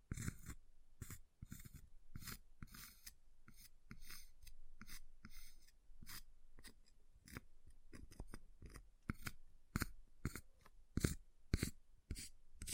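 Ice being scratched, tapped and carved in quick uneven strokes, with bright scraping bursts and sharp taps several times a second throughout.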